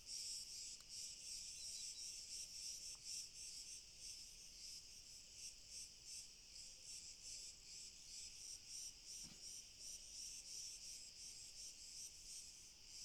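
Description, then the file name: Crickets in chorus, a dense high shimmering trill with rapid pulsing throughout. Chorus of crickets, heard from far away. "Grillen Chor Fern"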